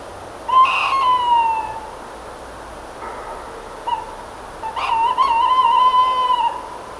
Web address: wroblowe kolekcja strix aluco